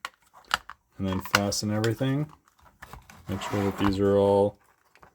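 On a 1:14 scale 3D printed road grader, plastic parts are handled and pushed toward the gearbox assembly after the gear cover goes on, with light taps and handling clicks near the start and again around 2.5–3.1 s while someone talks. The clip ends before the part goes home, so nothing has seated or clicked into place yet.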